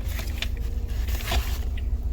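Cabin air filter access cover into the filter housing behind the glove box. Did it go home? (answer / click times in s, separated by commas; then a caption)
yes / 0.4 s. The plastic cabin air filter access cover of a Toyota RAV4 is pressed into its filter housing behind the glove box, with its right side clicking into place against a steady low hum. A sharp click sounds at 0.4 seconds, and softer ticks follow. The cover is confirmed seated.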